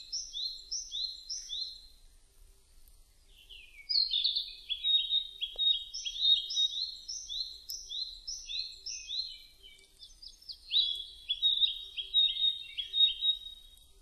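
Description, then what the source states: Narcissus flycatcher song, several runs of paired whistled notes repeated quickly, with short pauses between runs and a single faint click in the middle. Recorded 2 May 2005.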